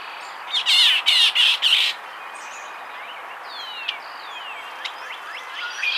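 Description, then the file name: Red-winged Blackbird: a loud, rasping trill of rapid pulses at the start, followed by scattered thin chips and faint whistles. "Agelaius phoeniceus - Red-winged Blackbird"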